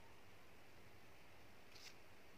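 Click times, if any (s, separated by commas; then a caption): none. The plunger of an auto-disable syringe is pushed down into the barrel during a demonstration injection, heard only as steady, faint broadband hiss with a brief brighter rustle near 1.8 s. Nothing has seated or clicked yet; the plunger has not locked.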